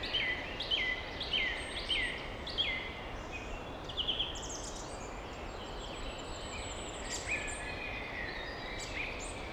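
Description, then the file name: Birds chirping: several high, short whistled notes and quick trills, some in clusters, with a steady rush of wind throughout. European deep forest ambience, wind blowing, birds chirping. "European Nature - Deep Forest Ambience Wind Blowing Birds Chirping"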